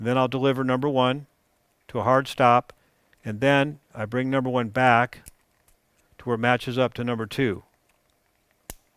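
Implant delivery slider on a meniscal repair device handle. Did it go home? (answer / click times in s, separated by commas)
yes / 8.7 s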